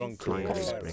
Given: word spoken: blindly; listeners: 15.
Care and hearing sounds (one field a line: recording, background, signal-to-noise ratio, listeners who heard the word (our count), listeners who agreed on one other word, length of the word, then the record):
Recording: one English word in noise, from a listening test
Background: four-talker babble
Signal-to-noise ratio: -2.8 dB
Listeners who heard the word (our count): 0 of 15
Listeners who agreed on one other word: 6 of 15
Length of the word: 0.53 s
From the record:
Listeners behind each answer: 6, 3, 1, 1, 1, 1, 1, 1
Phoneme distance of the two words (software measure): 51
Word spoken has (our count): 2 syllables, 7 phonemes, stress on syllable 1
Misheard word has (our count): 2 syllables, 4 phonemes, stress on syllable 1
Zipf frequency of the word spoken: 2.76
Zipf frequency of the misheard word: 4.56